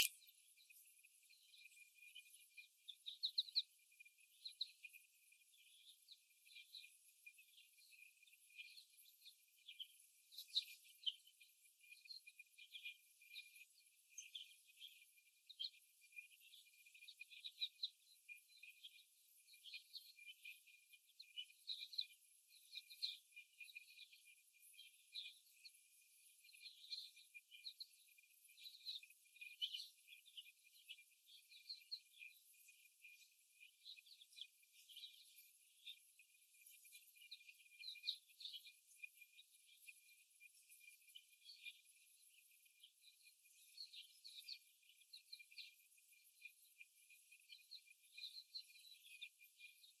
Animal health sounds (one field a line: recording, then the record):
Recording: young laying hens in a cage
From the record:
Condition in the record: after the stressor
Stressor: simulated dog barking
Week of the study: 1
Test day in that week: 1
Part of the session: 4